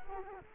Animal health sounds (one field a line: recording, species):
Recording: mosquito wingbeat signal from an infrared sensor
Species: Culex quinquefasciatus